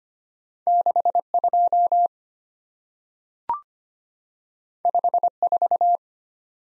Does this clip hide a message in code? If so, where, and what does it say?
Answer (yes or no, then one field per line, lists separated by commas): yes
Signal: Morse code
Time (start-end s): 0.7-6.0 s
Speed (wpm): 25 wpm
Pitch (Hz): 700 Hz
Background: none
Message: 6 2 5 4